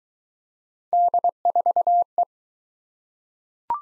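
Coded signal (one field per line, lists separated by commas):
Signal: Morse code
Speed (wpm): 20 wpm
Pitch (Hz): 700 Hz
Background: none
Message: D4E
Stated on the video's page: Morse drill of three-character letter-number combinations, speed-racing format starting fast and slowing to 15 wpm base; final repeat at maximum speed.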